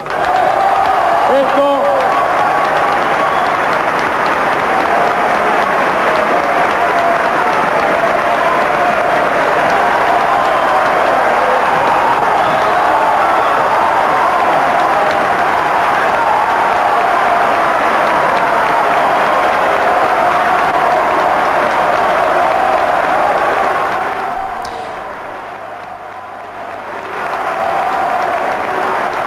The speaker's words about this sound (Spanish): Porque están todos aplaudiendo de pie en el video. Que no se pague la deuda externa, es terrible. Está todo el Congreso aplaudiendo de pie